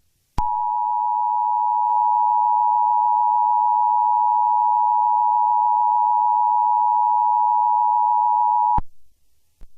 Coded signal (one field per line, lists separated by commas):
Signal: Emergency Alert System (SAME) tones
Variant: 853 and 960 Hz attention tone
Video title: EAS Scenario #42: Volcanic Havoc